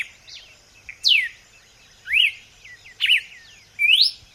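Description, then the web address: Red-cowled cardinal song of sharp downslurred and upslurred whistles repeated about once a second, with quieter chirps and a steady high buzz behind. "vocs paroaria dominicana"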